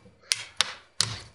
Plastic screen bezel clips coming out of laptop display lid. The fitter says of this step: So now it's popping off, going very slowly